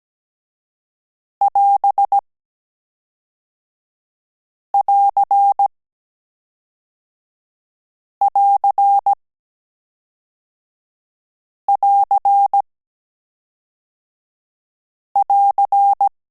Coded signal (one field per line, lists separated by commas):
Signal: Morse code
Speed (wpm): 17 wpm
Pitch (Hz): 800 Hz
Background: none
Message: <AS><AR><AR><AR><AR>